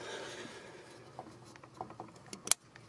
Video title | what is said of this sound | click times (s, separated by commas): Ignition coil replace Dodge 1500 Van | we go did you hear the click all | 2.5 s